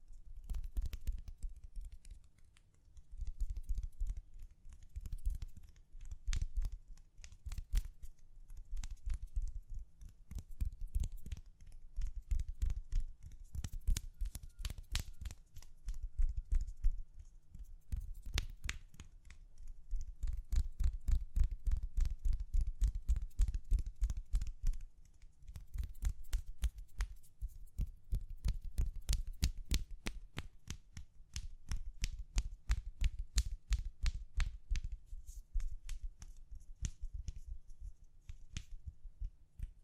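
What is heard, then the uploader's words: Gentle tapping continues for the whole forty seconds, a steady run of soft, quick taps with brief crisp edges. The taps come in irregular clusters, sometimes sparse, sometimes dense, with a low, muffled thud under each and a faint papery crinkle. ASMR Gently Tapping You to Sleep (No Talking).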